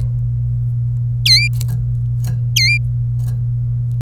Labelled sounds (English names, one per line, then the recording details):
Domestic Canary song
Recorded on 26 April 2018 at 14:55
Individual llb3